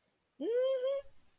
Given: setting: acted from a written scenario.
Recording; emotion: vocal sound without words; pride